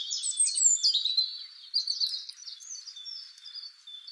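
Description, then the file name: European robin song: a short burst of bright, tumbling high notes, then a softer, trickling phrase of thin whistles and quick trills. "Erithacus rubecula"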